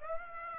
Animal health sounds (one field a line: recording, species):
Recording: mosquito wingbeat signal from an infrared sensor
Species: Aedes aegypti